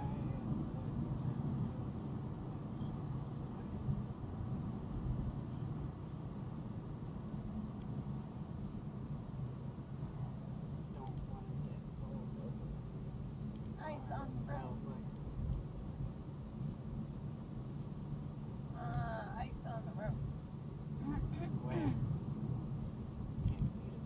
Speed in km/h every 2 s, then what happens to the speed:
82, 82, 81, 74, 68, 64, 63, 63, 64, 63, 64, 66.
4-11 slows to 63. 11-24 steady at about 63.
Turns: none.